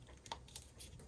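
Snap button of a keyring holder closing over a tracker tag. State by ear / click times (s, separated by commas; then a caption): seated / 0.3 s. A snap button on a leather keyring holder is pressed shut over a small round Apple AirTag tracker that fits exactly inside it. Among several soft taps and handling sounds, the snap clicks closed at 0.3 s, leaving the tracker seated and secure.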